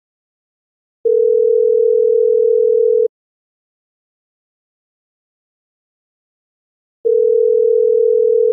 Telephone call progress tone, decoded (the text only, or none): ringback tone